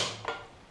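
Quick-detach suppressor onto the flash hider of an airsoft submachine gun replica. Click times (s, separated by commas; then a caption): 0.3 s. A quick-detach suppressor is slid over the flash hider of an airsoft MP7 submachine gun replica, with a sliding scrape leading into a sharp click at 0.3 s as its retaining clip engages. The suppressor is then seated and fixed in place.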